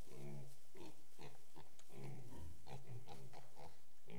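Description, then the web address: Pigs grunting, short low rough grunts overlapping in quick succession, several animals calling at once with barely a pause. Several pigs in a shed. "BBC Sound Effects Library. Pigs In Shed"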